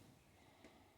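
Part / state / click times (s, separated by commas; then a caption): halves of a lead jig casting mold / not seated / none. The two halves of a metal lead jig casting mold are handled with a hook placed inside, ready to be closed. Only a low, steady background hiss is heard, with a faint brief rustle around 0.6 s. Nothing has snapped shut or seated yet.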